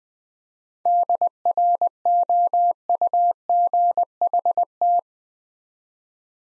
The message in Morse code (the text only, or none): DROUGHT